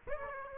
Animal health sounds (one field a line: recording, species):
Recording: mosquito wingbeat signal from an infrared sensor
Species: Aedes aegypti